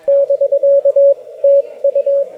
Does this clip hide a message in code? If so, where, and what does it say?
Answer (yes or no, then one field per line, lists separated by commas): yes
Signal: Morse code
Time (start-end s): 0.1-2.2 s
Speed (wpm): 19 wpm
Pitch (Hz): 560 Hz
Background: radio noise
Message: <BK> TU